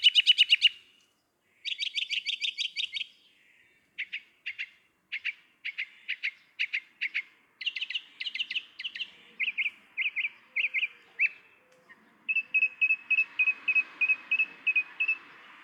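Northern mockingbird singing a series of varied phrases, each repeated several times, ending with a steady string of bright chirps.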